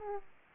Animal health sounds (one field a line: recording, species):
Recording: mosquito wingbeat signal from an infrared sensor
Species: Aedes aegypti